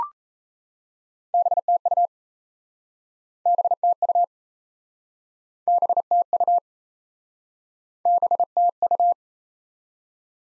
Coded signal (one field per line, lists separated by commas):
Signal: Morse code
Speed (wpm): 39 wpm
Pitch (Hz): 700 Hz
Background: none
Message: BTU BTU BTU BTU